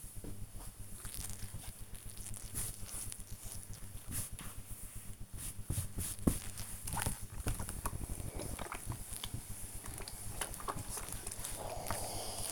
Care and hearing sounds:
household activities, microphone on the right wrist
0.00-12.52 s: ironing laundry

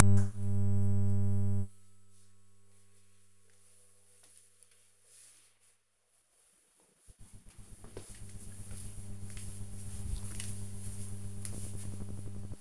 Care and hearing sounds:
household activities, microphone on the right wrist
none

